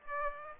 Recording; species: mosquito wingbeat signal from an infrared sensor; Aedes aegypti